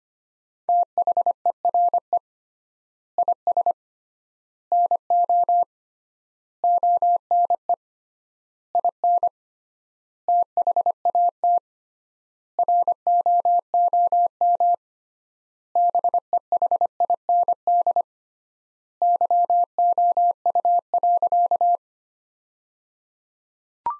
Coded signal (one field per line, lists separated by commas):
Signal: Morse code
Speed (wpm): 25 wpm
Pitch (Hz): 700 Hz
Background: none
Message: THERE IS NO ONE IN THAT ROOM BEHIND YOU.